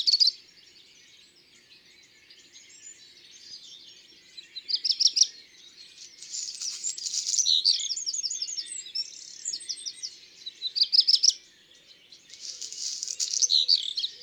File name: Rougequeue noir ABC des chants doiseaux